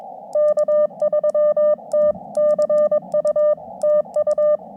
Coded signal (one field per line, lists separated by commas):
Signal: Morse code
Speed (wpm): 22 wpm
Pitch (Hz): 590 Hz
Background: none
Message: K3TCU TU